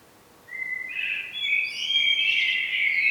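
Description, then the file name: Common blackbird calling with a single warbled phrase that starts thin and level, then grows fuller and climbs higher. "Turdus merula"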